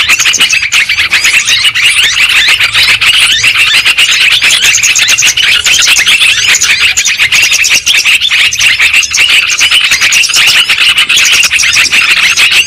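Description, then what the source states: Lovebirds giving continuous shrill chatter, many rapid squeaky notes overlapping in a busy, unbroken flock-like din. Lure sound used for trapping birds.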